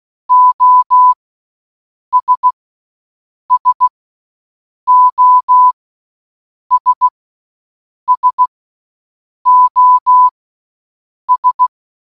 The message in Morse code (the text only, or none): OS SOS SOS